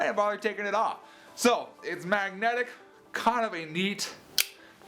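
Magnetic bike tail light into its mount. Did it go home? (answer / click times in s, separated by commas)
yes / 4.4 s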